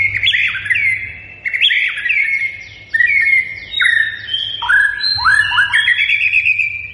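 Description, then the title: White-rumped shama song: rich, varied whistled phrases with sharply slurred, falling and rising notes, quick flourishes between, over a faint low hum. Lure recording meant to prompt shamas to respond and sing; bird described as gacor, singing actively and persistently. "PANCINGAN MURAI BATU GACOR"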